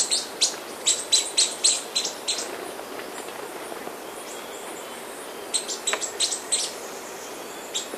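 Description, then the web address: Flavescent flycatcher giving quick high chip notes in short bursts, a pause in the middle, then scattered notes resuming, over a quiet hissy background. Recorded in Ecuador. "Birds of Ecuador. Flavescent Flycatcher"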